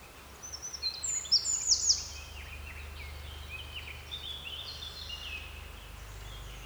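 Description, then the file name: Eurasian wren song: a loud burst of high, rapid trills and sharp notes near the start, then softer high trilling phrases over a low steady hum. "Troglodytes troglodytes"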